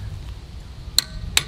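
A click-type torque wrench set to 129 lb-ft tightens a wheel lug nut on a Tesla Model 3 Performance in a star pattern. Over a low background rumble, a sharp metallic click at 1.0 s shows the wrench reaching its setting on the nut, and a second similar sharp hit follows at 1.4 s.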